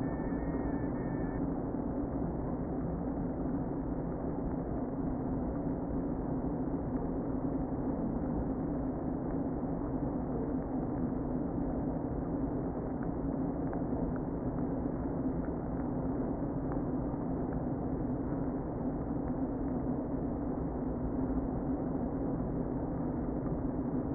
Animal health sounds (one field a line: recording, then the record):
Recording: honeybee colony, microphone inside the hive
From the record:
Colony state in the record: queen present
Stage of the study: before two queens were removed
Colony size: about 60,000 bees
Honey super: yes